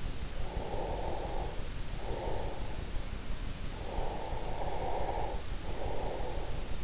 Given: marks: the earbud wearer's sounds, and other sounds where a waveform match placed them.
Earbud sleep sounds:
sounds in sleep by an in-ear microphone; breath
0.05-3.42 s: breath
3.65-6.84 s: breath

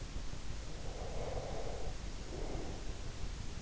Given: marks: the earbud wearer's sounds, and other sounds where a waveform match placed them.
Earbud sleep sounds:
sounds in sleep by an in-ear microphone; breath
0.70-3.16 s: breath

